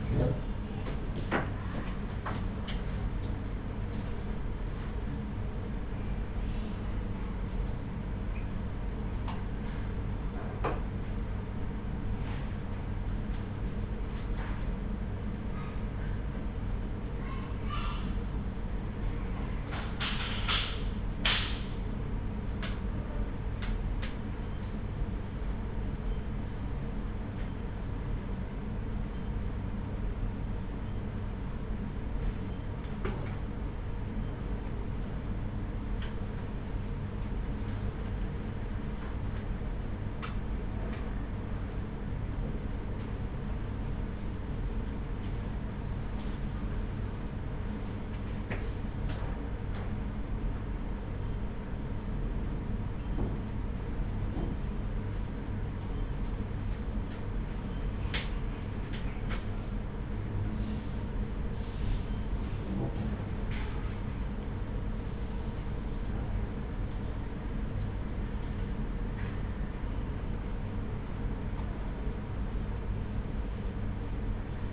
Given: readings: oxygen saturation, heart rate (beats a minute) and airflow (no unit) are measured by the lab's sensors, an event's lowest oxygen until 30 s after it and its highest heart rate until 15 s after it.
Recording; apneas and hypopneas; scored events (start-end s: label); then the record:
a person awake in a sleep study, by a smartphone at the bedside; none
0.00-74.73 s: awake
0.00-74.73 s: awake
From the record:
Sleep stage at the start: awake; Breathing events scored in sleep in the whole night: 210 in 6.9 hours asleep